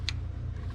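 An electrical connector on a GM truck's throttle body is lined up and pushed home while plugging things back in during a high-pressure fuel pump replacement. A short, bright click at 0.1 s stands out over a steady low hum. The connector clips in and is seated.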